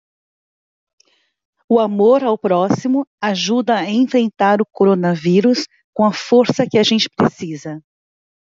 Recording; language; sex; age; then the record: spoken sentence; Brazilian Portuguese; female; 40 to 49 years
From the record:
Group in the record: control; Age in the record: 46 years